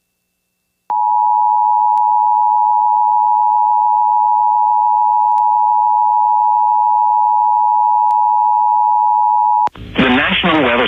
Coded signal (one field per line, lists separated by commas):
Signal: Emergency Alert System (SAME) tones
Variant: 853 and 960 Hz attention tone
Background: speech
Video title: [EAS] WNCB - Flash Flood Warning Activation - 8/15/2023